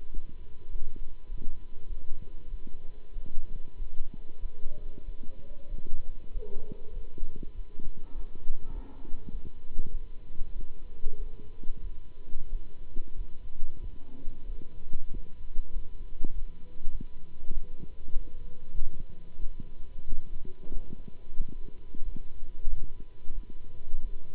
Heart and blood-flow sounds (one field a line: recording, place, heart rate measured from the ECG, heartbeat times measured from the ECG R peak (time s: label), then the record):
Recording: heart sounds by stethoscope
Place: between the tricuspid and mitral areas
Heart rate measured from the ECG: 95 bpm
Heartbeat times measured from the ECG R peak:
0.11 s: heartbeat
0.70 s: heartbeat
1.28 s: heartbeat
1.86 s: heartbeat
2.48 s: heartbeat
3.12 s: heartbeat
3.76 s: heartbeat
4.39 s: heartbeat
5.03 s: heartbeat
5.68 s: heartbeat
6.30 s: heartbeat
6.92 s: heartbeat
7.53 s: heartbeat
8.13 s: heartbeat
8.71 s: heartbeat
9.30 s: heartbeat
9.90 s: heartbeat
10.53 s: heartbeat
11.16 s: heartbeat
11.81 s: heartbeat
12.49 s: heartbeat
13.15 s: heartbeat
13.79 s: heartbeat
14.45 s: heartbeat
15.10 s: heartbeat
15.72 s: heartbeat
16.32 s: heartbeat
16.89 s: heartbeat
17.51 s: heartbeat
18.12 s: heartbeat
18.73 s: heartbeat
19.38 s: heartbeat
20.05 s: heartbeat
20.69 s: heartbeat
21.36 s: heartbeat
22.02 s: heartbeat
22.67 s: heartbeat
23.32 s: heartbeat
24.00 s: heartbeat
From the record:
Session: Bruce protocol treadmill stress test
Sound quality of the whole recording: good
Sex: male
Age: 26 years